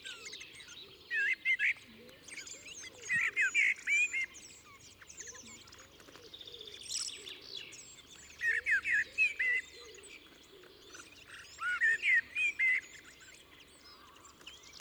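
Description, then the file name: Common blackbird repeating short warbled phrases at intervals of a few seconds. "Turdus merula"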